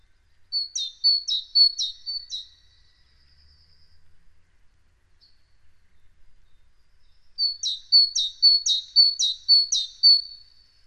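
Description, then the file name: Great tit singing a short burst of four seesaw phrases, falling silent for several seconds, then resuming with five or six more ringing two-note phrases. "Parus major"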